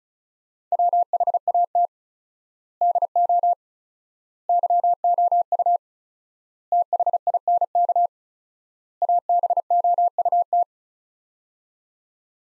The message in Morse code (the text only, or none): WHAT DO YOU THINK ABOUT